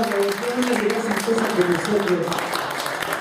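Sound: audience applause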